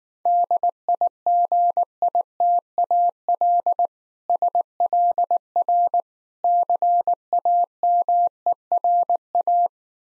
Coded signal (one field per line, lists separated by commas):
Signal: Morse code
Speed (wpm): 19 wpm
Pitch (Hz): 700 Hz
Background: none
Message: DIGITAL SLR CAMERA